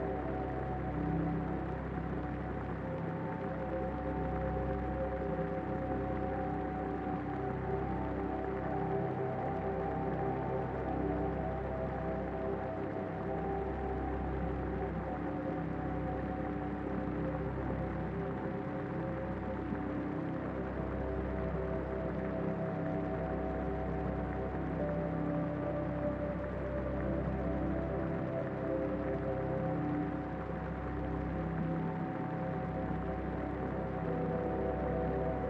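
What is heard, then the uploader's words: Soft, steady piano notes repeat over a warm, sustained ambient bed, with a constant hiss like rain or static running throughout. Peaceful Piano Music with Rain Sounds. Soft repetitive piano over moving atmospheric ambient music underneath a sound that is either static or rain depending on how you hear it.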